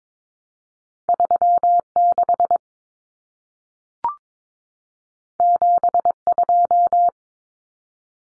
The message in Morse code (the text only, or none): 36 72